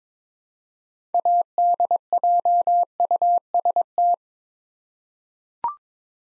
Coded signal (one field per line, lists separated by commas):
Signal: Morse code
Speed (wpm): 22 wpm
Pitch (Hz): 700 Hz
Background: none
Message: ADJUST